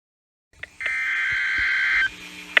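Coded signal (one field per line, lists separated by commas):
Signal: Emergency Alert System (SAME) tones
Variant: header bursts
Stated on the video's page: Real EAS tones for severe thunderstorm alerts from Texas NOAA Weather Radio stations, captured via Internet streams.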